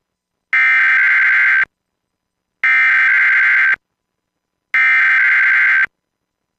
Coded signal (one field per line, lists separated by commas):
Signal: Emergency Alert System (SAME) tones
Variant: header bursts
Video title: WDFA Automated Weekly Test With New Voice [EAS #646]